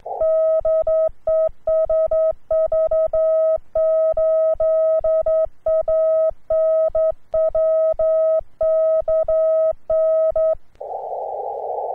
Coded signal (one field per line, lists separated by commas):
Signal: Morse code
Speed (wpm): 11 wpm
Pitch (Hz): 1280 Hz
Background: none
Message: DE SV8ANW KN